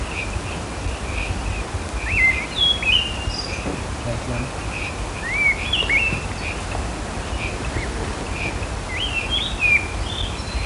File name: Turdus fuscater - Great Thrush